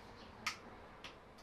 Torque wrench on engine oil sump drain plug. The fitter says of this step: and now correctly tighten the sump plug till we hear the click.